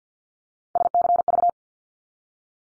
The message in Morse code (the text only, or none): SCV